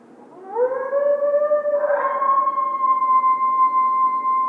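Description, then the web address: Coyote howl, a single voice rising smoothly then holding a long, steady tone, with a brief rougher patch near the midpoint. Howling; recorded 1 February 2010. "Coyote 2010 02 01 howl"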